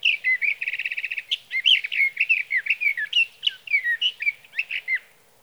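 Sage thrasher song, a long run of warbled phrases with a buzzy, rattling stretch near the start, then varied slurred notes without pause.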